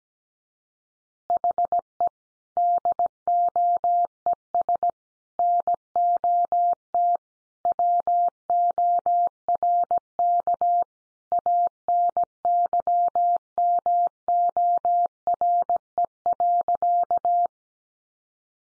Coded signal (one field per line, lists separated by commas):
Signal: Morse code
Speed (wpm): 17 wpm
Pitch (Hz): 700 Hz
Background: none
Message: HE DOES NOT WORK ANYMORE.